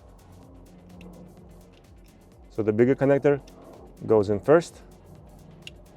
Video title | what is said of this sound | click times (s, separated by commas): Toyota Highlander Remote Engine Starter | just like that. Make sure it clicks, make sure it's all the way in. | 5.7 s